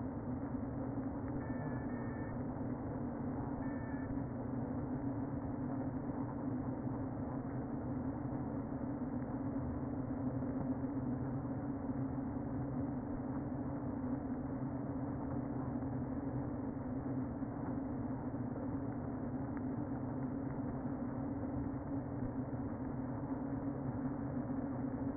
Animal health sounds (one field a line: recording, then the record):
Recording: honeybee colony, microphone inside the hive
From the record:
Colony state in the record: queen present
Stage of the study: before two queens were removed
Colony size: about 60,000 bees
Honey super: yes